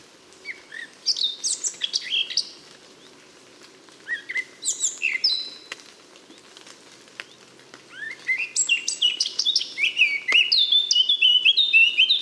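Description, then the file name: Eurasian blackcap song in three bursts: brief warbling phrases separated by quiet pauses, the last building into a loud, flowing run of fluted whistles. "Sylvia atricapilla"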